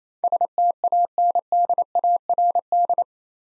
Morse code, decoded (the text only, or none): STANDARD